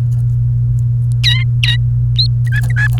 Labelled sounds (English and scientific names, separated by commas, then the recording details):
Domestic Canary (Serinus canaria) song
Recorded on 28 April 2018 at 15:16
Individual llb3